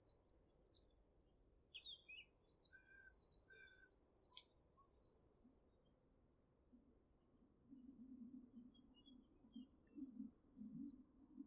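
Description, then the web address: European serin song: rapid, jingling high-pitched trills in bursts of a few seconds, separated by pauses, with a faint low hum and scattered thin notes between phrases. "ecoute de mon quartier serin cini"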